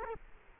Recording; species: mosquito wingbeat signal from an infrared sensor; Culex quinquefasciatus